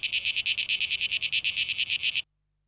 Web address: rauschpartikel Audio 2023-08-12 Zikaden (Tape Echo Mix)